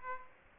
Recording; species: mosquito wingbeat signal from an infrared sensor; Aedes aegypti